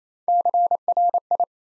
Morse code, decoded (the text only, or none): CRI